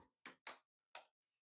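Plastic snap clips on a ThinkPad Edge laptop's keyboard bezel and palmrest piece are pressed down into the laptop case after the tabs are in. Three quick, sharp plastic snaps are heard at about 0.3, 0.5 and 1.0 seconds, followed by a faint brief rustle. The bezel is seated and snapped into place.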